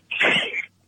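A single ferocious, explosive sneeze from a man during an interview, lasting about half a second, with a sharp hissing onset and a loud, harsh, noisy burst of air. The sound is thin and phone-like and ends abruptly in silence.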